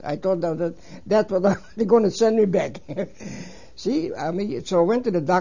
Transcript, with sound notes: I thought that they're gonna send me back. ( he laughs ) See, I mean, so I went to the doctor.